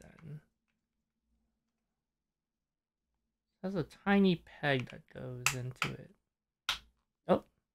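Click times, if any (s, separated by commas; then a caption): 6.7 s. A tiny peg on a small plastic collectible figure part is pushed into its display base while someone talks. It snaps home with a sharp click at 6.7 s, and the figure is seated in place.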